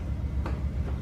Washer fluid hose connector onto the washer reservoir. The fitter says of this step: windshield washer fluid, and that you just push on until it clicks,